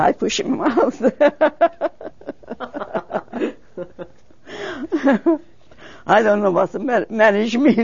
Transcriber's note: they laugh